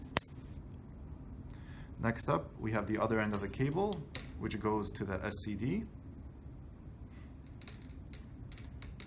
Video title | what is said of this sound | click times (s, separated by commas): Sendyne SIM100 Isolation and High Voltage Monitor Quickstart Guide and Demo | that connect only one way and when you push in all the way you should hear a click next | 0.2 s